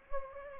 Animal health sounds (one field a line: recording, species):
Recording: mosquito wingbeat signal from an infrared sensor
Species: Anopheles gambiae